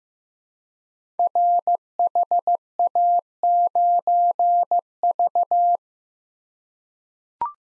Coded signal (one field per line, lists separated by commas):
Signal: Morse code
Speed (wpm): 15 wpm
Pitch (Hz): 700 Hz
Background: none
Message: RHA9V